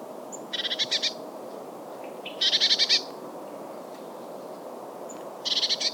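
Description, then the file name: Eurasian blue tit scolding calls: three bursts of fast, buzzy pulses, the first and last led by a thin high note, spaced two to three seconds apart against a low rumbling background. "Cyanistes caeruleus"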